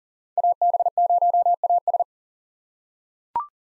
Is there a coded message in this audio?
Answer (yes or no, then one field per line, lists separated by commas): yes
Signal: Morse code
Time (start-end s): 0.4-2.0 s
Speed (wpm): 40 wpm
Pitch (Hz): 700 Hz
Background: none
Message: AB0AS